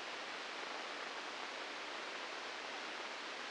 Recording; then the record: brain microelectrode recording played as sound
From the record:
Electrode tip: inside the subthalamic nucleus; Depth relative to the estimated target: -2 mm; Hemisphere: right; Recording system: NeuroSet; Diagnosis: Parkinson's disease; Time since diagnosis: 9 years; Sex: female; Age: 51 years